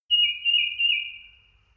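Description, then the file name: Songbird song: one high, slightly wavering whistled note lasting about a second and a half, fading away at the end over quiet background. "songbird sing"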